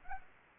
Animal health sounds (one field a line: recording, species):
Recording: mosquito wingbeat signal from an infrared sensor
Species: Anopheles arabiensis